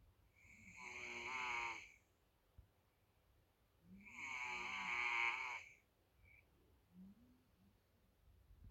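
Two long, rattling snores from an adult sleeper, about three and a half seconds apart. Each is a buzzy, fluttering inhalation with a hissy edge, followed by a quiet pause.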